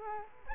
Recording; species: mosquito wingbeat signal from an infrared sensor; Culex quinquefasciatus